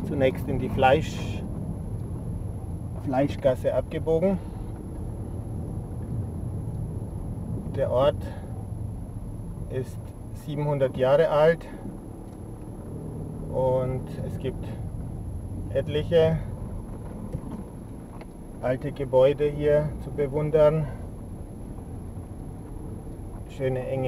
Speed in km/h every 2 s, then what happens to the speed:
13, 13, 14, 13, 6, 6, 10, 10, 6, 7, 8, 9.
0-6 steady at about 13. 6-8 brakes to 6. 8-17 steady at about 6.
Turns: 16-24.